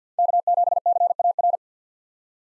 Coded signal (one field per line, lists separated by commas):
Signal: Morse code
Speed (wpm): 50 wpm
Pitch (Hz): 700 Hz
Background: none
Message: K7CAR